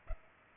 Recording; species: mosquito wingbeat signal from an infrared sensor; Culex pipiens